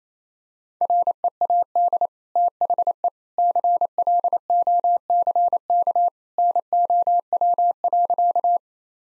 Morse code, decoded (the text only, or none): READ THE CLOCK NOW.